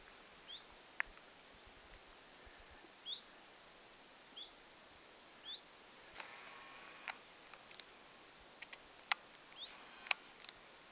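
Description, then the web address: Common chiffchaff: thin rising whistled calls of a common chiffchaff repeat at intervals, mixed with sharp clicks and ticks. Recorded 27 August 2026; call rendered as 'zuit' or 'hyit'. "paivat 27 8 2026 zuit vaiko hyit-tiltaltti"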